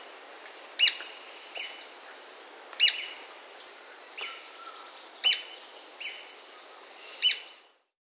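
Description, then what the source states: White-crested spadebill giving sharp, high chip calls about every two seconds, with softer short notes between them, over a steady high insect drone. South America.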